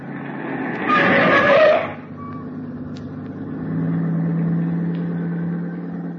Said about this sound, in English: That car that just passed. Snappy job, huh?